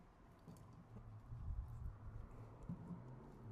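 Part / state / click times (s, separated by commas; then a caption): wiper blade onto car wiper arm / not seated / none. A passenger-side wiper blade is handled onto a Porsche wiper arm (911, Cayman, Boxster), slid over the arm with its tab positioned underneath. Soft handling rustles and light taps are heard, with a small sudden sound at about 0.6 s. Nothing has seated or clicked yet.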